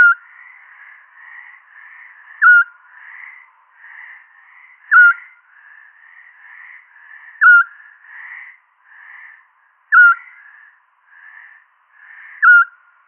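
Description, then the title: Eurasian scops owl call: one brief mellow whistled hoot sounding roughly every 2.5 seconds, six times, with softer ongoing chirping sounds filling the gaps. "Sylvain Jaskowiak - Mes piafs. Petit Duc Scops"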